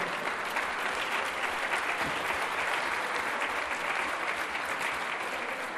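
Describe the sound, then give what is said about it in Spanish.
Steady applause from an audience for a woman representing displaced women and families of the disappeared, asked to stand; a dense wash of many hands clapping at an even level throughout, with no voices standing out. “para quien le digo que se pare y le aplaudan”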